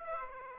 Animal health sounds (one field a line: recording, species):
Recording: mosquito wingbeat signal from an infrared sensor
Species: Aedes aegypti